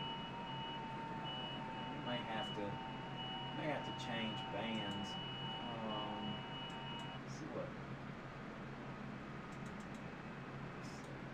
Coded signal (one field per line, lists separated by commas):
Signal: FT8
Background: speech